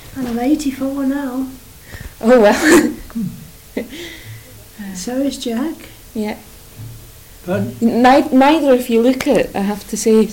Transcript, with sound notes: And I'm eighty-four now!
Oh well. [laughs]
So is Jack.
Yeah.
Pardon?
Neither of you look it, I have to say.